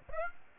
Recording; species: mosquito wingbeat signal from an infrared sensor; Aedes aegypti